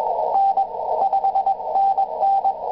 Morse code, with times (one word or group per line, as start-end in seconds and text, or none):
0.3-0.6 N
1.0-2.5 5NN